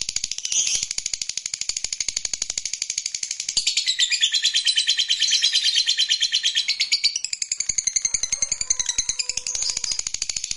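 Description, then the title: Lovebird chattering, high rasping chirps packed closely in a rapid run, with a louder and busier stretch in the middle. "Suara Lovebird"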